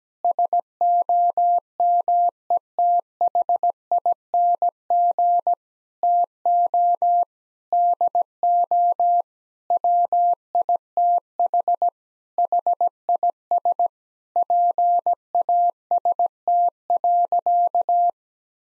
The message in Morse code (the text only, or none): SOMETHING TO DO WITH HIS PAST.